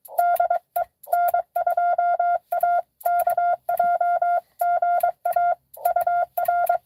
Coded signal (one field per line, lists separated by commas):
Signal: Morse code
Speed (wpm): 22 wpm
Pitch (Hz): 690 Hz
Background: none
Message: DE N2AKJ GA UR